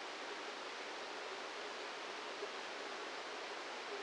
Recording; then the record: brain microelectrode recording played as sound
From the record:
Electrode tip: outside the subthalamic nucleus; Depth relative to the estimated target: -1 mm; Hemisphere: left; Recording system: NeuroSet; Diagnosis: Parkinson's disease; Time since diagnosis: 8 years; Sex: male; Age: 58 years